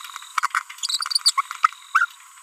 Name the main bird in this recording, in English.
Green-rumped Parrotlet